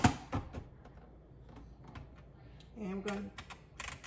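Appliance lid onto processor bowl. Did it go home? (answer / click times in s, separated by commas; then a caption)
no / none. The plastic lid of a food processor or blender is twisted onto its bowl, making a few short plastic clicks and knocks while someone talks. Nothing has locked or clicked into place yet. The machine won't switch on because the lid is probably not locked.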